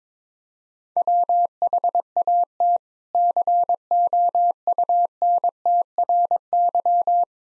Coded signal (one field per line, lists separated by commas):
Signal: Morse code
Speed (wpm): 21 wpm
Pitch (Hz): 700 Hz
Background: none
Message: WHAT COUNTRY